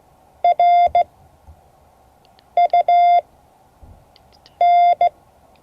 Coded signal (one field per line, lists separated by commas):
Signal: Morse code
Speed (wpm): 16 wpm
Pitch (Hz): 700 Hz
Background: none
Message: RUN